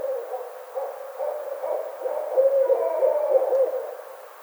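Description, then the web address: Barred owl hoots, a rhythmic series of short notes building into louder, longer slurred hoots before trailing off. Recorded 25 May 2009. "Barred Owl 2009 05 25"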